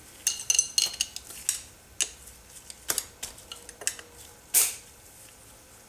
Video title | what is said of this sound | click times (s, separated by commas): 1999 Jeep Grand Cherokee Laredo 247 Transfer Case Assembly | okay heard it click | 0.3 s, 0.5 s, 0.8 s